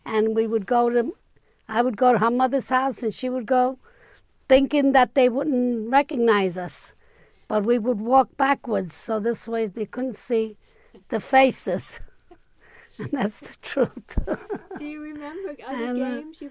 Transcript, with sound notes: and we would go to, I would go to her mother's house and she would go, thinking that they wouldn't recognize us, that we would walk backwards so this way you couldn't see the faces. ( she laughs ) And that's the truth.
Do you remember any games you